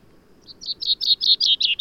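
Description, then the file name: Common chaffinch song opening: a steady series of about eight high, slightly slurred chirps, with no trill or ending heard. "Fringilla coelebs"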